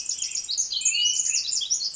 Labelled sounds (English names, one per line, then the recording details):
Pacific Wren
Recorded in Sonoma County, California